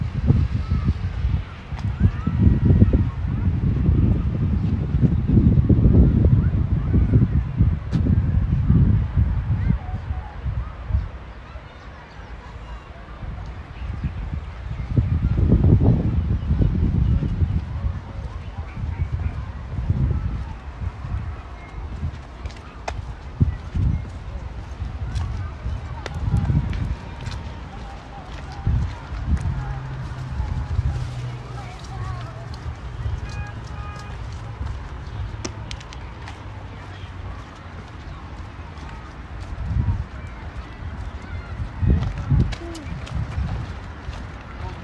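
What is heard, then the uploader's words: City park sounds in Modiin, Israel: heavy low rumbles and thumps early on around 2–10 and 15–17 seconds, then quieter murmuring speech and scattered clicks. City Park Sounds. Walking In Modiin, Israel.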